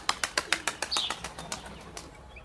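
A rapid series of dry, rhythmic wing flaps as pigeons take off, the beats starting sharp and loud, then softening and blurring together, with a brief faint chirp midway.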